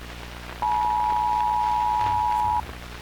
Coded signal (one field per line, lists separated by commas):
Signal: Emergency Alert System (SAME) tones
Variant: 853 and 960 Hz attention tone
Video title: 21 New EAS Alarm Requested By @marthaLM7391